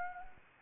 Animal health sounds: mosquito wingbeat signal from an infrared sensor; Anopheles arabiensis

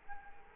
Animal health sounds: mosquito wingbeat signal from an infrared sensor; Culex quinquefasciatus

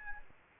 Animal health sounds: mosquito wingbeat signal from an infrared sensor; Aedes albopictus

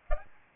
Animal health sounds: mosquito wingbeat signal from an infrared sensor; Aedes albopictus

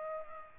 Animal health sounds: mosquito wingbeat signal from an infrared sensor; Aedes aegypti

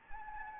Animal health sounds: mosquito wingbeat signal from an infrared sensor; Anopheles gambiae

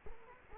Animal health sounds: mosquito wingbeat signal from an infrared sensor; Culex quinquefasciatus

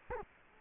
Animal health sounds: mosquito wingbeat signal from an infrared sensor; Culex quinquefasciatus

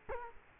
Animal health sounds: mosquito wingbeat signal from an infrared sensor; Culex quinquefasciatus

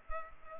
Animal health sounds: mosquito wingbeat signal from an infrared sensor; Culex pipiens

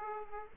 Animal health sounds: mosquito wingbeat signal from an infrared sensor; Aedes aegypti

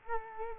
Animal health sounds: mosquito wingbeat signal from an infrared sensor; Culex quinquefasciatus

